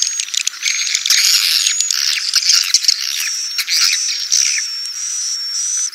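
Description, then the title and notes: Swiftlet twittering, a jumble of high squeaky chirps and trills with a thin sustained high whistle running through. Sound used for swiftlet farming in Asia. "Swiflet Bird Sound. Farming Swiflet Bird asia sound"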